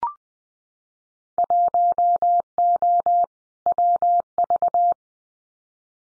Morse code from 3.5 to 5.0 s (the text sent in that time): WV